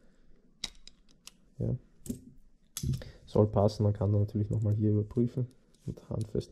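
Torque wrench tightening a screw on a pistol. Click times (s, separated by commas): 0.6 s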